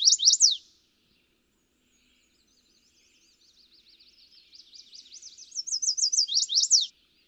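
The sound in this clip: Chestnut-sided warbler: an emphatic downslurred ending, silence, then a soft run of high notes swelling into a loud, quick series closing with strong downward slurs.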